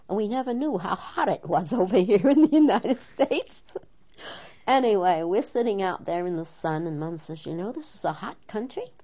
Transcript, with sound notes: We never knew how hot it was over here in the United States. (She laughs.) Anyway, we're sitting out there in the sun and mom says, "You know, this is a hot country."